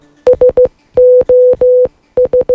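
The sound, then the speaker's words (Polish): Morse code SOS distress signal beeps: three short tones, three long tones, then three short tones again, all on one steady mid-pitched note, loud and clean with no voices, played as a quiz question on Polskie Radio Program 3. “Oczywiście, że SOS. Sygnał wzywania pomocy w kodzie Morsa.”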